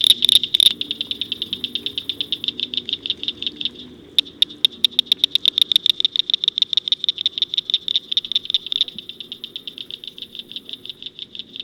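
Cricket frog calling in a long series of sharp clicking pulses, several per second.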